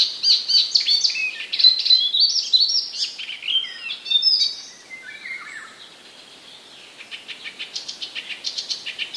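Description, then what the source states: Icterine warbler song, hurried jumble of squeaky whistles and harsh notes, followed by a run of fast repeated ticking notes. Recorded in 2015.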